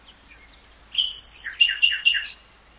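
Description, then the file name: Common nightingale song: thin high notes lead into a fast rattle and a string of rich, varied chirping notes ending in a sharp high flourish. "Luscinia megarhynchos"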